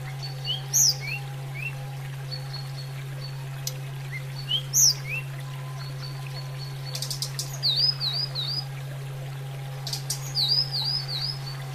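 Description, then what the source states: Sunda robin song: thin upslurred notes at first, then two rippling zigzag whistled phrases separated by clicks, over a continuous low hum. Used for training cage birds, Indonesia.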